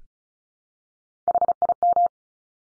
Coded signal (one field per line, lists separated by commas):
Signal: Morse code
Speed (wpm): 36 wpm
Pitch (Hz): 700 Hz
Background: none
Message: HIM